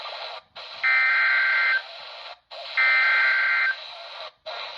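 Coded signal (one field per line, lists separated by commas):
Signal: Emergency Alert System (SAME) tones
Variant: header bursts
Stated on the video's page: Real Severe Thunderstorm Warning from a NOAA weather radio transmitter on 162.500 MHz, received about 82 miles away on a RadioShack 12-254 weather radio.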